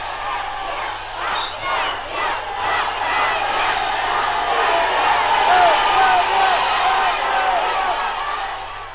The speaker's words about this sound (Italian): Uditeli nel vasto cortile dell'Istituto Friulano per Orfani di Cividale, spettatori e attori di una partita di calcio fra squadre rappresentative.